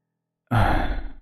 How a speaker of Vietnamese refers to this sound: chỉ còn nghe thấy tiếng thở dồn dập của tên Bảy mà thôi